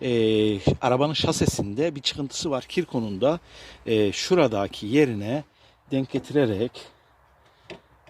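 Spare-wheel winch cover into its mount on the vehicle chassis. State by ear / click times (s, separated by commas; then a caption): seated / 7.7 s. Someone talks while lining up the plastic spare-wheel winch cover of a Ford Tourneo Courier with its spot on the vehicle chassis and pressing it in. A short click is heard at 7.7 s, and the cover is seated in its mount.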